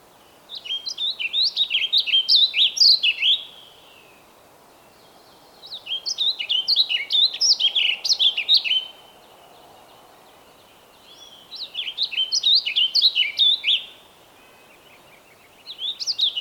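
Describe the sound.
Bird song: three bursts of quick, chirpy, rising and falling notes, each about three seconds long, separated by short pauses, with a fourth burst starting at the end.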